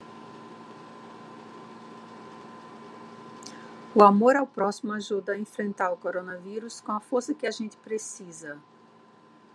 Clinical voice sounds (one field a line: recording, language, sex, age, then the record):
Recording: spoken sentence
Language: Brazilian Portuguese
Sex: female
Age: 50 to 59 years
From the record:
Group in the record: control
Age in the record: 58 years